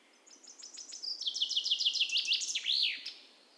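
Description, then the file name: Common chaffinch song: a bright run of high notes that quickens and drops in pitch, ending in a brief looping flourish, heard once over quiet background hiss. "Fringilla coelebs"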